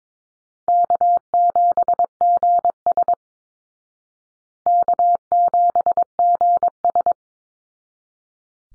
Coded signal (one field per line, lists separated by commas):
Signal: Morse code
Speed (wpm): 22 wpm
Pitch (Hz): 700 Hz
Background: none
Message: K7GS K7GS